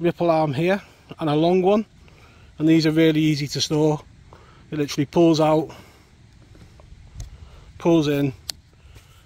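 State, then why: Seated. A ripple accessory arm is pushed back into its storage slot on a fishing seat box while someone talks. It locks in place with a sharp click at 8.5 s, with fainter ticks just before as it slides in.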